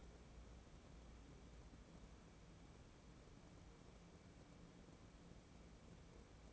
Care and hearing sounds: daily activity, microphone in the room; wipe stove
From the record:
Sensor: 1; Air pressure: 1012.5 hPa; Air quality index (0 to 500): 144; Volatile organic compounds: 2 ppm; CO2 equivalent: 1182 ppm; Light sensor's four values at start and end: 4334/8443/4256/4396 and 4290/8359/4213/4352

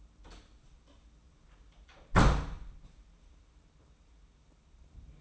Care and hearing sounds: daily activity, microphone in the room; close door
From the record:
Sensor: 1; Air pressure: 994.3 hPa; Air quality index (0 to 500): 214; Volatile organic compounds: 1000 ppm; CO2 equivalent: 7696 ppm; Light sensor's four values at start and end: 83/186/83/90 and 82/183/82/88

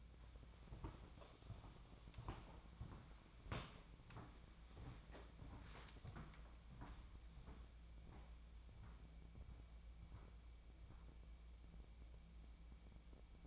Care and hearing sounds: daily activity, microphone in the room; walk to room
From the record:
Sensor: 1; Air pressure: 999.9 hPa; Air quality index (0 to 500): 127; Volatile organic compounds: 2 ppm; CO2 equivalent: 1205 ppm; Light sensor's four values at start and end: 43/108/45/56 and 43/106/45/56

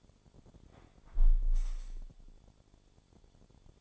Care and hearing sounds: daily activity, microphone in the room; close window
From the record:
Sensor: 5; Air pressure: 1015.0 hPa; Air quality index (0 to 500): 101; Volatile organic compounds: 2 ppm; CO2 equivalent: 1082 ppm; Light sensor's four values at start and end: 35/80/32/31 and 35/81/32/31

